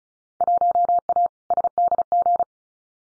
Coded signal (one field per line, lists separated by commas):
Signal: Morse code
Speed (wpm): 36 wpm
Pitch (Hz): 700 Hz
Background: none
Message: 1A SDG